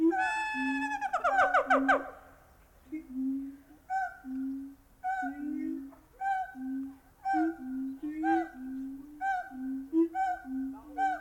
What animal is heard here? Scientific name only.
Symphalangus syndactylus